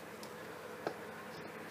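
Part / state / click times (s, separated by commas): doweled wooden sculpture piece into the sculpture base / seated / 0.9 s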